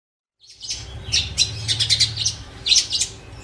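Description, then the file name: Long-tailed shrike song: scratchy, chattering high notes in quick irregular bursts, with a low steady hum underneath. Master song used for training songbirds. "cendet master. omkicau"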